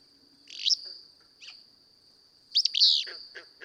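Willow flycatcher song, two sneezy, buzzy bursts about two seconds apart, with a steady thin high tone throughout and a few soft chips between.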